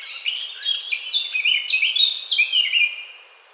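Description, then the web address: Eurasian blackcap song phrase: a quick tumbling warble of varied chirps ending in clear, slightly descending whistled notes that fade out. "SETE Sylvia atricapilla"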